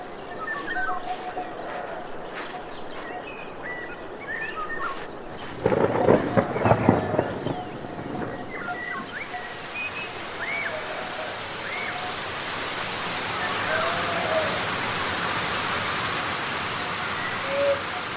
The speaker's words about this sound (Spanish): No había hecho más que unos pocos metros cuando la suerte quiso que una lluvia repentina se abatiera sobre el pueblo.